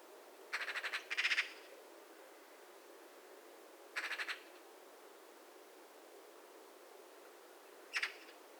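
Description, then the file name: Eurasian magpie rattling chatter: a double burst of rapid harsh notes, a shorter rattle about three seconds later, then a brief final chack near the end. "Pica pica"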